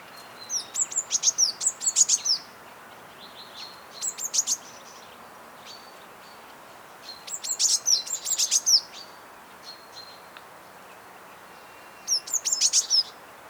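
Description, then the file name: Eurasian blue tit giving high, rapid chirping phrases in four bursts, each a quick run of thin, twittering notes separated by short pauses. "Cyanistes caeruleus"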